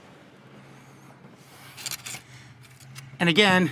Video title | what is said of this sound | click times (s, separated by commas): Stem to Stern--Chris Craft Launch 35 GT | locks into place | 1.9 s